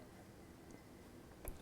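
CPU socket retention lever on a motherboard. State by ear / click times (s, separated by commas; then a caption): released / 1.5 s. A metal CPU socket retention lever on a motherboard is lifted to open the socket and remove the processor. Over a low background hum, the lever releases with a sharp click at 1.5 seconds. The socket opens.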